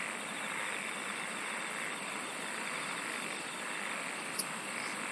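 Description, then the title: Insect song: a long run of fast, very high pulses midway and a sharp click near the end, above a steady hiss. "SINGING OF INSECTS"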